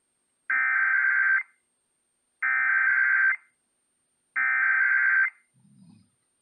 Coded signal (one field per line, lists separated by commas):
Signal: Emergency Alert System (SAME) tones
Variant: header bursts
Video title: KWIZ and KBLA EAS Test (EAS #1563-1564) 12/2/19